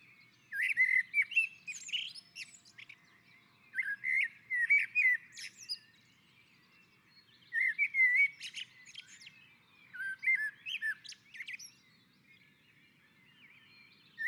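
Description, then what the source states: Common blackbird song: fluting, warbled phrases each ending in high squeaky twitters, delivered in bursts every few seconds with short pauses between. On a roof.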